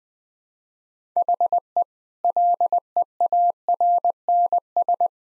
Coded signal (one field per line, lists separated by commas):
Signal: Morse code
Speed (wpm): 21 wpm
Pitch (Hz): 700 Hz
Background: none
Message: HE LEARNS